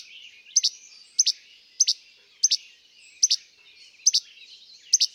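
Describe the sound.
Least flycatcher repeating a dry, doubled chip-like che-bek at a brisk pace, with a light wash of background bird chatter.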